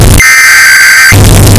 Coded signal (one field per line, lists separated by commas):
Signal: Emergency Alert System (SAME) tones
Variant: header bursts